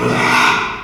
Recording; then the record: squeal of a Yucatan mini pig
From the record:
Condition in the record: after surgery on the right vocal fold (resection and tissue-engineered implant); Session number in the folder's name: 1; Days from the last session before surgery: 6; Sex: male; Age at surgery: 12 weeks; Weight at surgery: 13 kg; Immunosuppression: cyclosporine, prednisolone